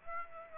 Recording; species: mosquito wingbeat signal from an infrared sensor; Aedes aegypti